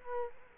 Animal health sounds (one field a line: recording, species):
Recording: mosquito wingbeat signal from an infrared sensor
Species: Culex quinquefasciatus